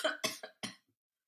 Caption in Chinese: 我感染新冠了。 你这样咳真的很严重呢。 现在因为一直讲话，然后喉咙非常的干。 我现在得这个奥密克戎。